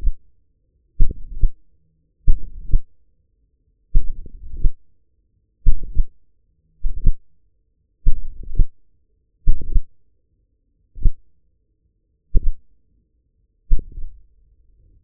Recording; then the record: forearm muscle sounds (acoustic myography)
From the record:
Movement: hand closing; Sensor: system 1, eight BSWA MPA416 microphones around the upper forearm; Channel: 5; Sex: male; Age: 54 years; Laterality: right